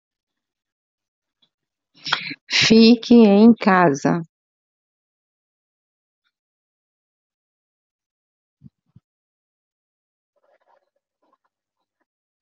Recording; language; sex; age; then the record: spoken sentence; Brazilian Portuguese; female; 60 to 69 years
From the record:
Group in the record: control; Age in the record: 63 years